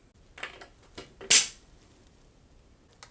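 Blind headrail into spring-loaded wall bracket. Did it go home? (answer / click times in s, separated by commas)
yes / 1.3 s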